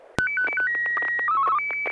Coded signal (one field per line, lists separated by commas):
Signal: SSTV (slow-scan television)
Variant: Martin 1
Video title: N6NA SSTV Net - 01/27/2021